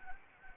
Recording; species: mosquito wingbeat signal from an infrared sensor; Anopheles gambiae